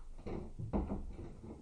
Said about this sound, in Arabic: اقفل الباب يا عم احمد وخش استريح.